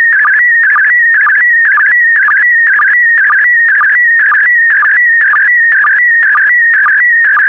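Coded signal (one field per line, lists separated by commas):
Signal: SSTV (slow-scan television)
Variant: PD120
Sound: warbling electronic tone sliding around, with a regular short low blip about twice a second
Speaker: Five, four, three, two, one. Thank you. Transmission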